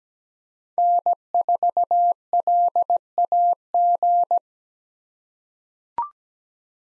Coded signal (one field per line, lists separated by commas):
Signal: Morse code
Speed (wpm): 17 wpm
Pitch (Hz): 700 Hz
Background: none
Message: N4LAG